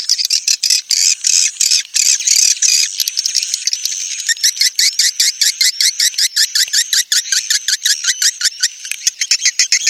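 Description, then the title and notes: Swiftlet chirping calls, a fast stream of harsh, buzzy high chirps repeated about two to three times a second. Sound used for swiftlet farming in Asia. "Swiflet Bird Sound. Farming Swiflet Bird asia sound"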